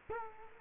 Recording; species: mosquito wingbeat signal from an infrared sensor; Culex quinquefasciatus